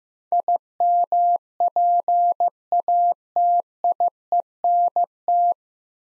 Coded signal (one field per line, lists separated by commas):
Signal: Morse code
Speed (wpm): 15 wpm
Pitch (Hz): 700 Hz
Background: none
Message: IMPATIENT